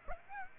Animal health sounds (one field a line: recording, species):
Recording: mosquito wingbeat signal from an infrared sensor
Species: Aedes aegypti